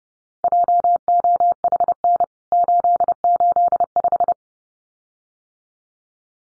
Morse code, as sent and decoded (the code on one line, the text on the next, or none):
.--- --- .... -. / ---.. ---.. .....
JOHN 885